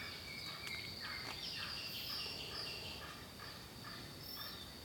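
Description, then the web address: Turkey calling with faint, rough gobbling bursts against a steady high-pitched drone. "The Natural Sounds of the Wilderness 10 CDs collection Echoes of Nature - Jungle Talk 02 Turkey Talk"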